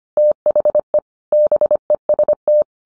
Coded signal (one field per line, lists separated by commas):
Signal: Morse code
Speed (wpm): 25 wpm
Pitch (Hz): 600 Hz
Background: none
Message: THE BEST